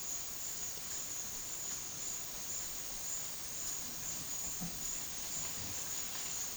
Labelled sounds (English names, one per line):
none